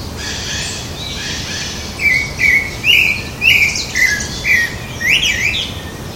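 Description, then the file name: Pale-breasted thrush calling: several short, sharp notes, some rising and falling, repeated roughly every half second over steady background noise. Recorded in Butantã, São Paulo, Brazil, on 1 November 2014. "Turdus-leucomelas-IButantan SP-BR-1-11-14-ASilveira"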